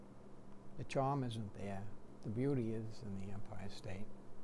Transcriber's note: none